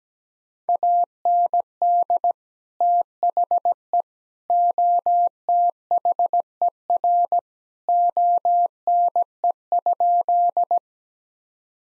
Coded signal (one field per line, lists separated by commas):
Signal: Morse code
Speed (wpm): 17 wpm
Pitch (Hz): 700 Hz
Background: none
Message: AND THE OTHER ONE?